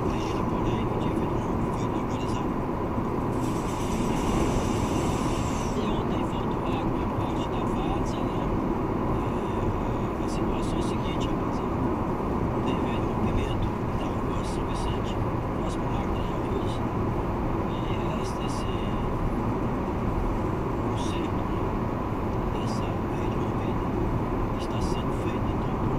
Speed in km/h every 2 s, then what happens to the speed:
115, 116, 115, 115, 114, 117, 119, 119, 119, 120, 120, 120, 121.
0-26 steady at about 119.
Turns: none.